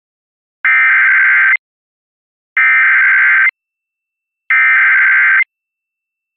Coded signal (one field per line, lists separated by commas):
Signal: Emergency Alert System (SAME) tones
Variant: header bursts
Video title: (EAS #82) | Riverside County Flash Flood Warning on KVCR-DT| 09/01/2023